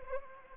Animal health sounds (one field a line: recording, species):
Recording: mosquito wingbeat signal from an infrared sensor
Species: Anopheles gambiae